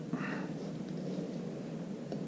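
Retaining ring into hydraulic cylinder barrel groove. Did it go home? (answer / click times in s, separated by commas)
no / none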